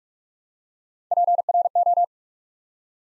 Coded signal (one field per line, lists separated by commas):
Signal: Morse code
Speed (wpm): 44 wpm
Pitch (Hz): 700 Hz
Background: none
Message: PRO